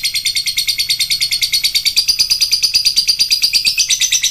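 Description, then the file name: Lovebird chatter: a continuous, rapid stream of shrill chirps, slowly rising in pitch throughout. Lovebird chatter in the style known as ngekek. "suara lovebird ngekek"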